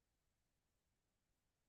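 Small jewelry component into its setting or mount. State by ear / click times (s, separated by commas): not seated / none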